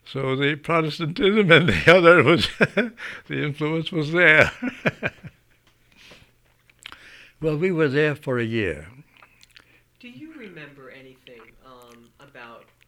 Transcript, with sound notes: So the Protestantism held her. The influence was there. (he laughs) Well, we were there for a year.
Do you remember anything about